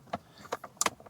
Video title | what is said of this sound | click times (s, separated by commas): Mercedes service A and B (every step in high definition)...you can do this and save hundreds!!! | And once those are snapped back into their hold, we want to make sure, | 0.8 s